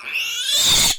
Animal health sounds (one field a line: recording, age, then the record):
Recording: pig call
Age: piglet (1 to 25 days)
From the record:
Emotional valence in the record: negative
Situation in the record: castration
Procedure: castration, cut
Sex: male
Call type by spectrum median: high-frequency call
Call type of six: high-frequency modulated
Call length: 1.00 s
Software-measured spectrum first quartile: 3256 Hz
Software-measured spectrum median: 4593 Hz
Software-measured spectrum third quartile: 7408 Hz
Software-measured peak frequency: 3631 Hz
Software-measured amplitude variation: 97 dB a second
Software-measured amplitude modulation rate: 20.1 a second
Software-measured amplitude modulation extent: 4.8 dB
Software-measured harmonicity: 5.4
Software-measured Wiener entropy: -2.48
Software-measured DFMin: 859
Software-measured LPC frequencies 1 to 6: 965, 2679, 3587, 4483, 6658, 7264 Hz